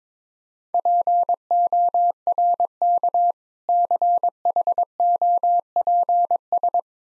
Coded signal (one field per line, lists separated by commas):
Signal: Morse code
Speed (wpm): 22 wpm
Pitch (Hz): 700 Hz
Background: none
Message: PORK CHOPS